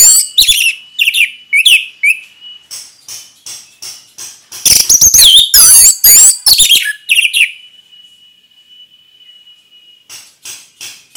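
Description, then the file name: Orange-headed thrush song, rapid series of high whistled notes building into a loud, tangled warbling burst, then a thin sustained whistle and more short notes. Sung in the ngeplong style, described as gacor, meaning it sings readily and steadily. "anis merah gacor ngeplong"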